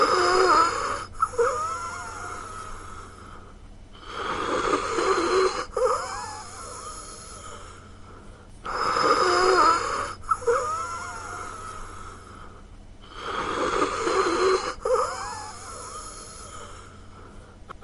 Mild to moderate signs. An audible wheeze, which is generated due to the narrowing of the airways.